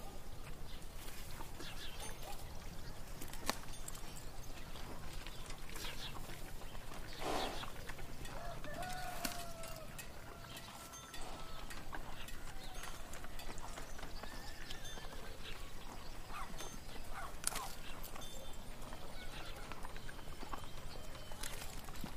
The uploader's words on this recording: Peaceful fantasy town in the morning. Birds singing, people in the town doing their work, horse carts and farm animals.